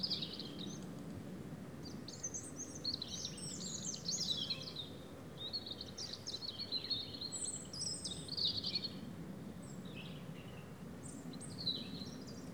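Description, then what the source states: European robin song, sweet high warbling phrases tumbling up and down in quick succession, one after another with brief pauses, above a steady low hum. Several robins singing in the afternoon at Méandres du Saugey, Brangues, France, in the Haut-Rhône; recorded with a Dodotronic stereo parabola (EM172) and Zoom H4n Pro.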